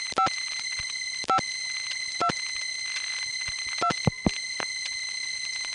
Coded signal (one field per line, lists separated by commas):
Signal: DTMF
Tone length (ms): 90 ms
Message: 5 5 2 2